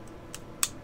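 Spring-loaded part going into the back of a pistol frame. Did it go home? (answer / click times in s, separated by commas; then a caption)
yes / 0.6 s. A spring-loaded part is guided up along the back of the metal frame of a Walther P38 (P1) pistol during reassembly. A soft tick sounds at 0.3 s, then a sharp, bright click at 0.6 s as the part snaps into the frame and is seated.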